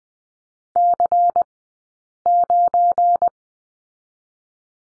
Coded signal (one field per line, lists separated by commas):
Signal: Morse code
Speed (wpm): 19 wpm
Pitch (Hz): 700 Hz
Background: none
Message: C9